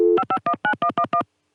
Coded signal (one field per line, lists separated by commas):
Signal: DTMF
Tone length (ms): 90 ms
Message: 5519111